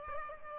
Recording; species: mosquito wingbeat signal from an infrared sensor; Aedes albopictus